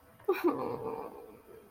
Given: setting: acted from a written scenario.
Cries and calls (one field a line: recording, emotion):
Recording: vocal sound without words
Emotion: pain